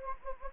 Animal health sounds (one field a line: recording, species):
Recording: mosquito wingbeat signal from an infrared sensor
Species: Anopheles gambiae